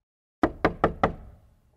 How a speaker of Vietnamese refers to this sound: Ngoài cửa làm gì có người, hành lang trống không, nhưng mà đáng sợ là tiếng đập cửa vẫn còn tiếp tục.